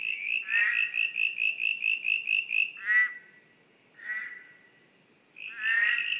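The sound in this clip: Frog calls: a rapid series of short bright pulses, then three separate rattling croaks with pauses between them.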